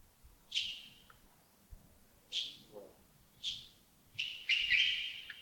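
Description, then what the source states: Bird chirps: a few single bright notes with uneven gaps, ending in a longer run of chirping. Recorded early in the morning at Yagongding (亚公顶) on 28 December 2025, around 07:40.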